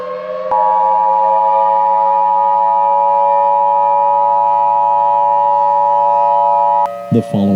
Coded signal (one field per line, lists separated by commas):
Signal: Emergency Alert System (SAME) tones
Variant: 853 and 960 Hz attention tone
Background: speech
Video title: EAS Scenario: Cold Infected Aliens